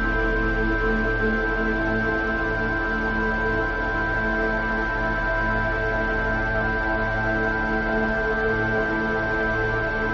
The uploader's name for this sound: 1565 Hz